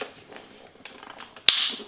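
A detachable headband part is refitted onto the body of DJI FPV goggles after being removed with the release button. Faint handling taps lead up to a single sharp, loud click at 1.5 s as the part locks home. The part is seated.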